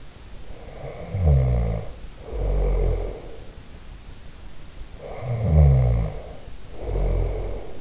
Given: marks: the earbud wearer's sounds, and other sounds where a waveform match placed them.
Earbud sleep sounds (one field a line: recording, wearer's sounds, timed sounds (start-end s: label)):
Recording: sounds in sleep by an in-ear microphone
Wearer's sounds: snoring breath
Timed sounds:
0.50-3.64 s: snoring breath
4.99-7.81 s: snoring breath